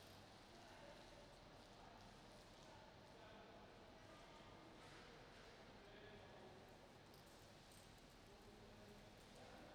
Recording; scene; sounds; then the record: everyday scene through a hearing-aid microphone; reverberant space; background noise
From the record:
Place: railway station hall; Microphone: in the ear canal, right